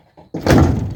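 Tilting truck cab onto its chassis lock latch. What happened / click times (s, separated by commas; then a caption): The heavy latch slammed shut / 0.3 s. The tilted cab of a converted heavy truck is lowered onto its frame, and its locking latch snaps home with a loud, heavy slam at about 0.4 s as the cab drops suddenly. A faint low rumble comes before the impact, and a broad, booming ring decays after it. The cab latch is clipped shut.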